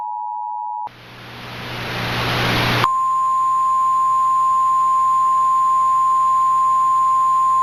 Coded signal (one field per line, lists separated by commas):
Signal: Emergency Alert System (SAME) tones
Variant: 853 and 960 Hz attention tone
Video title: EAS Mock: Audio Combination Test